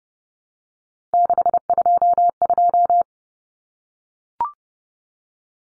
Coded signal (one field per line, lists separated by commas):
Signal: Morse code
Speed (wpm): 30 wpm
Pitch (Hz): 700 Hz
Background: none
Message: 622